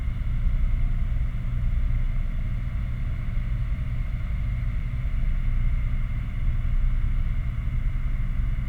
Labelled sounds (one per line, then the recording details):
truck
machinery
flare stack
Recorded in the Prudhoe Bay oil fields, Alaska, on 11 August 2019 at 22:33
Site 29